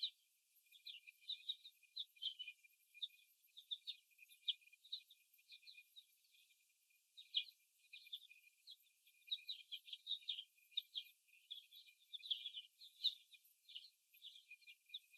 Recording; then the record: young laying hens in a cage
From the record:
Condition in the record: before the stressor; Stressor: simulated dog barking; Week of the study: 1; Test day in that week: 2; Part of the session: 3